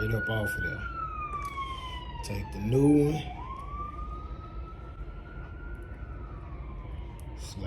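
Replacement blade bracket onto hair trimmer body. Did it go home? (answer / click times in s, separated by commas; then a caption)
no / none. A replacement blade bracket is slid onto the body of an Andis GTX EXO hair trimmer and lined up, ready to be pushed home; nothing has seated or clicked yet. Someone talks while a siren rises and falls steadily in the background.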